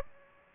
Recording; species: mosquito wingbeat signal from an infrared sensor; Aedes aegypti